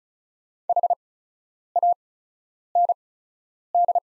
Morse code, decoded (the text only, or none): HAND